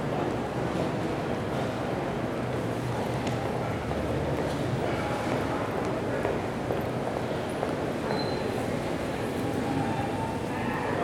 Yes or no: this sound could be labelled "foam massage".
no